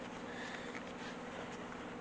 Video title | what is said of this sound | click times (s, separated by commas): Leather Concealed Carry Pouch | there's our snap in place | 0.8 s